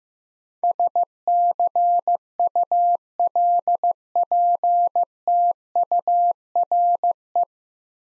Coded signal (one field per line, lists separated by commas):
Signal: Morse code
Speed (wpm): 15 wpm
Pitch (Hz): 700 Hz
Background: none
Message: SCULPTURE